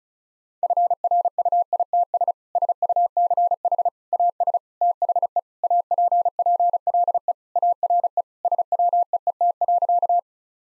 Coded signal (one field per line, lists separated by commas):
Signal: Morse code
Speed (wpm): 36 wpm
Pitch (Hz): 700 Hz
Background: none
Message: FRUITS SUCH AS THE APPLE ARE SWEET.